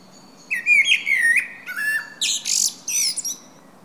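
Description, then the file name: Common blackbird song: a low, fluted whistled warble sliding down, followed by a burst of thin, high squeaky twittering notes. "Turdus merula"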